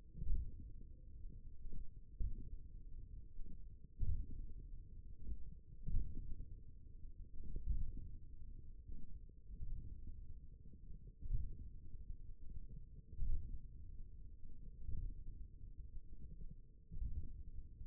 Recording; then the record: forearm muscle sounds (acoustic myography)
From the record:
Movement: hand closing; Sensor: system 1, eight BSWA MPA416 microphones around the upper forearm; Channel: 4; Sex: male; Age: 28 years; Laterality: right